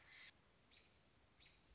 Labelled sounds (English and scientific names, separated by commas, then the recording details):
American Robin (Turdus migratorius)
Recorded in Sonoma County, California